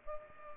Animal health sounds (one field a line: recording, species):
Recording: mosquito wingbeat signal from an infrared sensor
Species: Culex pipiens